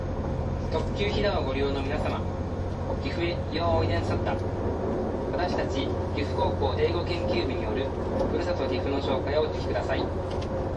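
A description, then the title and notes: Inside a train car, a steady low engine and motor hum runs throughout with a constant drone. Voices of passengers talking come and go over it in short bursts, heard around the first, fourth, seventh and ninth seconds. HC85系 ひだ01号(グリーン車). 名古屋～高山. グリーン車の静粛な空間ながらエンジン音とモーター音のバランスが抜群で. 列車走行音. A great balance between the engine sound and the motor sound in a quiet space of the green car.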